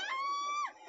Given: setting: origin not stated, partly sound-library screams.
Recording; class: one-second piece from a danger detection set; woman in danger